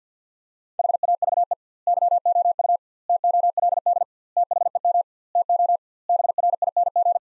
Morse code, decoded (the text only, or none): HAVE YOU TOLD THEM TO BRING